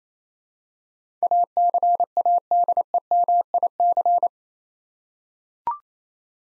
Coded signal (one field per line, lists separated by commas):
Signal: Morse code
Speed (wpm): 27 wpm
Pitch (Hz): 700 Hz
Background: none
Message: ACADEMIC